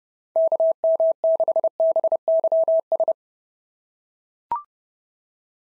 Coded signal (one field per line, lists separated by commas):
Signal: Morse code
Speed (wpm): 30 wpm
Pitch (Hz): 650 Hz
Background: none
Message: KM6BYS